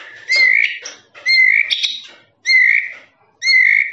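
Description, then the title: Lovebird squawks: four shrill notes, repeated roughly once a second. Long trilling "ngekek" song used for training birds. "FULL DURASI MASTERAN LOVEBIRD NGEKEK PANJANG"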